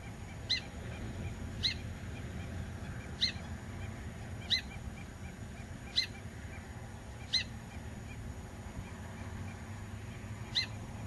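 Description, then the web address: Hudsonian godwit calls: clipped, high piercing notes repeated at short intervals, with soft chirps in between and a constant low background rumble. "cantos becasamar"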